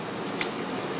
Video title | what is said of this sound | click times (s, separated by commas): MMC Cystoscopy Skill Lab | and just like with the bridge rotate to the right and that locks in place once all that's in place | 0.4 s